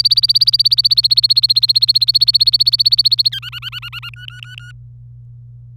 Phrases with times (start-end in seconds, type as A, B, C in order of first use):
0.00-3.29 A, 3.32-4.10 B, 4.14-4.72 C